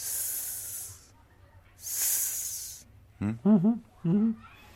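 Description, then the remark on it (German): A voice imitates a snake with two long, sharp hisses, each about a second, separated by a short pause, followed by a few short voiced vocal sounds. “Schlangensprache ist so.”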